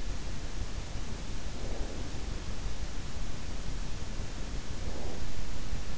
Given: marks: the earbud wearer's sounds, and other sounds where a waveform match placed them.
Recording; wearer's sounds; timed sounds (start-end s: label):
sounds in sleep by an in-ear microphone; breath
1.25-2.32 s: breath
4.51-5.32 s: breath